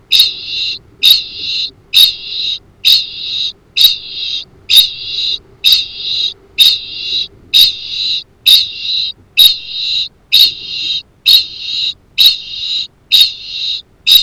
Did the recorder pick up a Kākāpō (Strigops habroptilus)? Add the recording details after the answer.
yes. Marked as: faintness 1/5. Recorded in New Zealand. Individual Arab